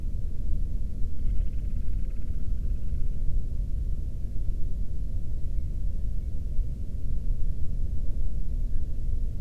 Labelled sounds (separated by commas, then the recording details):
bird, man-made sound
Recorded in the Prudhoe Bay oil fields, Alaska, on 13 June 2019 at 00:30
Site 30